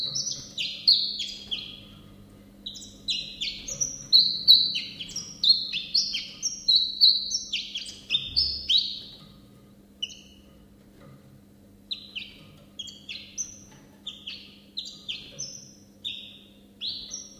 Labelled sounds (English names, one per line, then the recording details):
Common Chiffchaff
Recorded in captivity
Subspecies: collybita
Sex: male
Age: adult
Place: Zoologisches Institut Universität Tübingen, Baden-Württemberg, DE
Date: 1965-05-15 12:30
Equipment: Nagra III PH, kleiner englischer Parabolspiegel, LGS26
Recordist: Schneider, Hans-Joachim
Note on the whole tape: In einem separaten Raum: Männchen blau/grün - blau/rot. Auch Aufnahmen vom 17. Mai 1965 6.50 Uhr: Männchen blau/grün - gelb/rot, geschlüpft am 15.05.1964 auf der Lichtenberger Höhe. MaAs: E.B